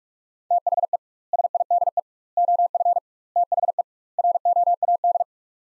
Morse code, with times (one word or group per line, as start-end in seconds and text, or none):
0.5-1.0 THE
1.3-2.0 SIDE
2.4-3.0 OF
3.4-3.8 THE
4.2-5.2 ROAD